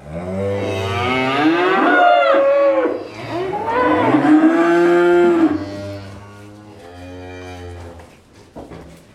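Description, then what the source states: Cattle mooing: two long, loud, drawn-out moos, the second bending downward, followed by a softer, lower lowing as the sound fades. Cattle recorded in a cowshed.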